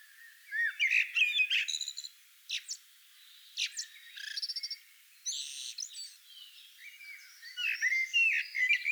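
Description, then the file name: Common blackbird delivering repeated bouts of high squeaky twitters and rapid buzzy trills, with occasional fluted slurs, separated by short pauses. "Turdus merula"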